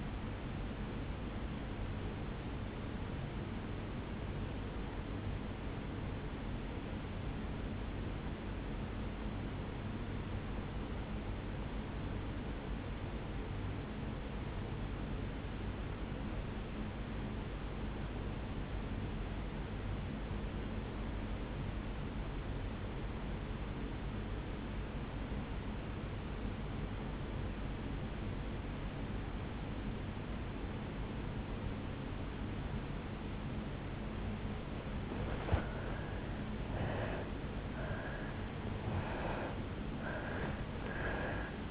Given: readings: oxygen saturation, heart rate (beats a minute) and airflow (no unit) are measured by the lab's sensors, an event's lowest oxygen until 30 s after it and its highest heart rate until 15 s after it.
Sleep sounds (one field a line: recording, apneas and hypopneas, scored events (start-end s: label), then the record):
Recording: breathing in sleep by a voice recorder at the bedside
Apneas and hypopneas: 1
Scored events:
7.00-35.90 s: obstructive apnea (N1, oxygen 97% highest, then 81% lowest, heart rate 56 at the start, 75 highest)
17.00-41.71 s: new sleep stage, N2 (light sleep)
From the record:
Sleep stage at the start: N1 (lightest sleep)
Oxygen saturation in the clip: 85 to 97%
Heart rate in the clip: 56 to 73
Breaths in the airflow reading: 3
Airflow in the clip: -11.7 to 7.5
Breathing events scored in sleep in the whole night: 449 in 7.0 hours asleep